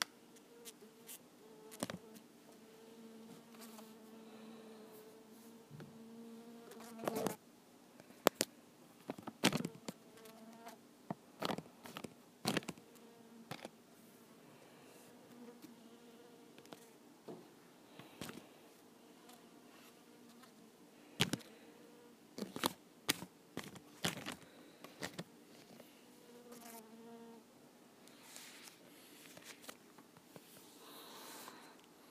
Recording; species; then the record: mosquito flight sound by mobile phone; Culiseta incidens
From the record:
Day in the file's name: 2